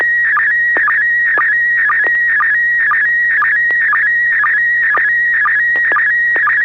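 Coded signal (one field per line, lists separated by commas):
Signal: SSTV (slow-scan television)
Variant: PD120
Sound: steady warbling whistle near 1.9 kHz broken by short low blips about twice a second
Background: low hum, radio noise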